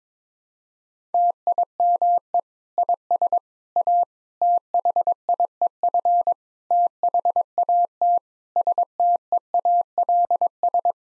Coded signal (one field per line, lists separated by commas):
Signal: Morse code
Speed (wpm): 22 wpm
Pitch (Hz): 700 Hz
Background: none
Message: TIME IS A THIEF THAT STEALS